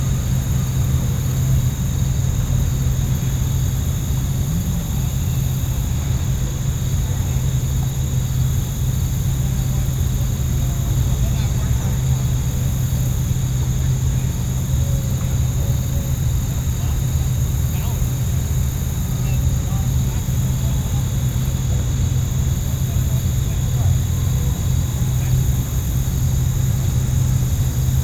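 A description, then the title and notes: A steady lakeside ambience held at an even level throughout, dominated by a low, constant drone like a boat engine. Thin, unchanging high tones ride above it, possibly insects, with faint scattered small sounds and no distinct events. Peaceful Lake Ambience.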